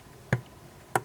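An eyeshadow palette lid (Jeffree Star Blood Lust), which doesn't stay closed on its own, is pushed firmly down into its magnetic or clip closure. Two sharp clicks are heard at 0.3 s and 1.0 s against a quiet background. The lid clips shut and is securely closed.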